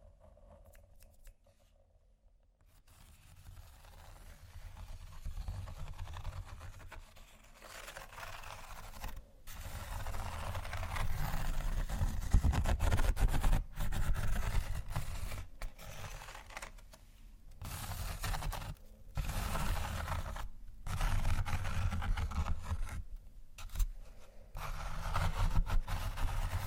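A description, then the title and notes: Relaxing ASMR textures: soft scratching and scraping that starts almost silent and builds after a few seconds into a dense, continuous rustle with a low rumble underneath. Brief silent gaps break it up, around 9, 13, 19, 21 and 25 seconds, before the scratching resumes. ASMR Relaxing Textures（No Talking）.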